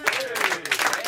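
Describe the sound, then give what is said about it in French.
A crowd applauds a singer steadily for about a second, a dense, even patter of many hands clapping, with a faint voice-like cheer gliding underneath. “Ah, bravo, on l'applaudit tout le monde.”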